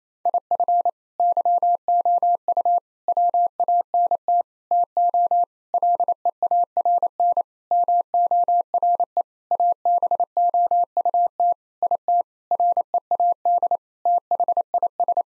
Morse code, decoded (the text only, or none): IF YOU WANT TO LEARN MORE ABOUT IT READ THIS